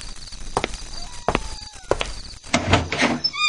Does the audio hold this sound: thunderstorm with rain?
no